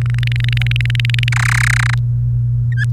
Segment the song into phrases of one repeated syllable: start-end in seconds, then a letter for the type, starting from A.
0.01-1.29 A, 1.32-1.94 B, 2.75-2.85 C